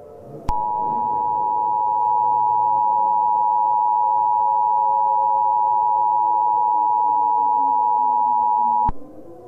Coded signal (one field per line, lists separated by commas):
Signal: Emergency Alert System (SAME) tones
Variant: 853 and 960 Hz attention tone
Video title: EAS Mock - Long Island Tornadoes Nov 13 20